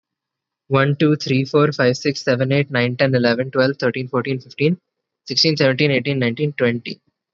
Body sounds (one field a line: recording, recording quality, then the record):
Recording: counting at a fast pace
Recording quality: excellent, no background noise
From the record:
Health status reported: healthy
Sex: male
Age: 20 years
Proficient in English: yes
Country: India